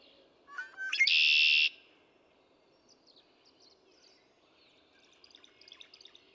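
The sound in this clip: Red-winged Blackbird gives one song, stuttering intro notes sliding into a loud buzzy trill, followed by scattered faint high chirps.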